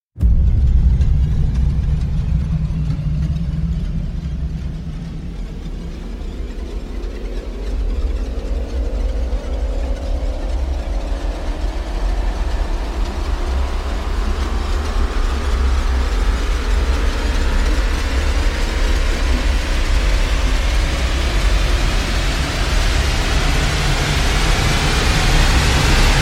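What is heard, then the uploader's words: A grainy metallic texture builds steadily into a turbine-like vortex, with rising whining tones sweeping upward from about five seconds onward. A heavy low rumble stays constant underneath, and the sound grows denser and brighter toward the end, like a machine spinning up. Vortex Riser Creep Vertigo is a grainy metallic texture accelerating to a turbine-like vortex.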